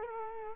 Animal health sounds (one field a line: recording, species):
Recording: mosquito wingbeat signal from an infrared sensor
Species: Culex quinquefasciatus